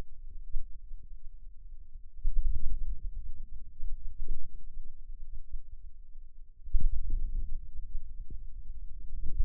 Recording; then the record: forearm muscle sounds (acoustic myography)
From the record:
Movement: ulnar deviation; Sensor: system 2, bracelet of six BSWA MPA416 microphones around the upper forearm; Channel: 5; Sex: male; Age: 22 years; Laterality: right